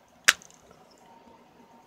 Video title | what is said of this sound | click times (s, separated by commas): Generations Rhinox - Transformers Tuesdays | And when you hear that click, that means they're done. | 0.3 s